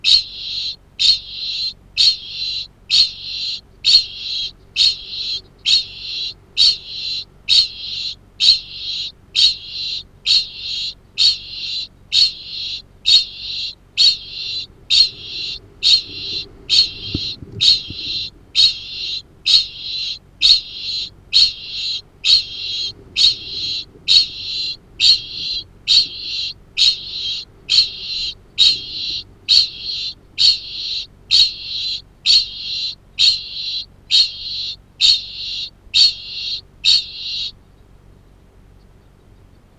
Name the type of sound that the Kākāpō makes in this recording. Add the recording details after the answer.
ching call. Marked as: faintness 1/5. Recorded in New Zealand. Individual Arab